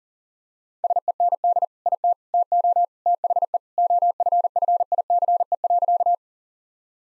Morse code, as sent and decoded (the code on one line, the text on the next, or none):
... . -. -.. / .. - / - --- / - .... . / --- ..-. ..-. .. -.-. . .-.-.-
SEND IT TO THE OFFICE.